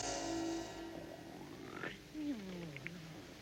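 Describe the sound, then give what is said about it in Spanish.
A sleeper snores with a low, rumbling, nasal drone, then lets out a wavering, falling tonal snort at the end. “Estás roncando.”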